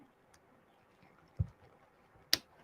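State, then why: Seated. A plastic building brick piece is pressed onto a brick model, with a dull low thump near 1.4 s before it. One sharp, bright snap at 2.3 s shows the brick has seated in place.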